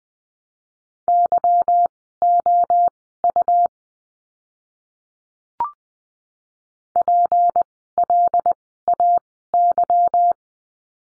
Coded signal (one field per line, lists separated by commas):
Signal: Morse code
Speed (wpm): 20 wpm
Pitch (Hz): 700 Hz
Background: none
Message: YOU PLAY